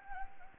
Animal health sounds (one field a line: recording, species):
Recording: mosquito wingbeat signal from an infrared sensor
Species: Anopheles arabiensis